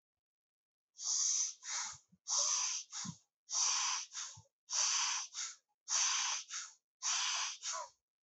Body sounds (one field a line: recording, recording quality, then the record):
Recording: shallow breathing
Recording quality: excellent, no background noise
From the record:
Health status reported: healthy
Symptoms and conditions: none ticked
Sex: male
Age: 28 years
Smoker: not ticked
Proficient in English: yes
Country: India